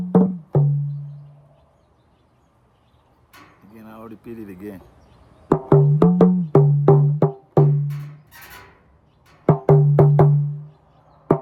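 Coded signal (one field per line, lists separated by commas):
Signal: talking drum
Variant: Yoruba dùndún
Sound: low resonant drum strokes, pitch rising and falling like speech, in phrases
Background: brief voice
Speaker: So, I said, "Ati dulu bo omi konga iyanu ni atibere bo omi konga iyanu ni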